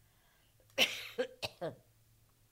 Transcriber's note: coughs